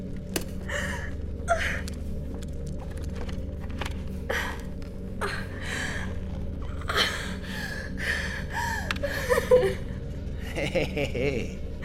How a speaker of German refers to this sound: Hey, komm runter, Rekrut. Wenn du weiter so schnaufst, kippst du gleich um.